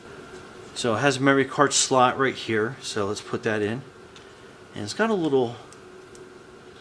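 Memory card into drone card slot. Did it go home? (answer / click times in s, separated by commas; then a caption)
yes / 6.2 s. A memory card is pushed into the card slot of a G11PRO 6K drone while someone talks. A short, faint snap at 6.2 s marks the card seating into place.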